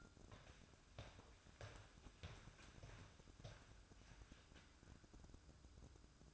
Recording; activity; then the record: daily activity, microphone in the room; walk to room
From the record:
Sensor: 2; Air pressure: 1008.1 hPa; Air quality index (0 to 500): 116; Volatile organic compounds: 1 ppm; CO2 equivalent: 868 ppm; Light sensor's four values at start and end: 7/18/7/7 and 7/18/7/7